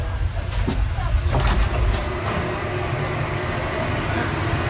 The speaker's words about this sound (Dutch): Nou, we rijden het station binnen van Kiev.